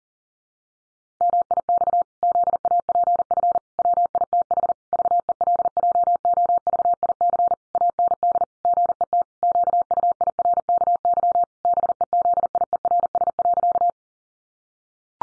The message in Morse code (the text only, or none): MIX ZAPF WITH VELJOVIC AND GET QUIRKY BEZIERS.